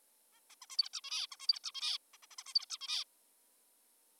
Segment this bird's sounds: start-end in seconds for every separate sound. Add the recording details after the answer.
0.32-0.40, 0.50-0.55, 0.62-0.66, 0.70-0.77, 0.78-0.89, 0.93-1.01, 1.04-1.27, 1.32-1.36, 1.40-1.47, 1.48-1.59, 1.64-1.72, 1.75-1.98, 2.14-2.18, 2.23-2.26, 2.31-2.36, 2.39-2.44, 2.47-2.54, 2.55-2.66, 2.70-2.78, 2.81-3.04. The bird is an adult. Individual g19o3U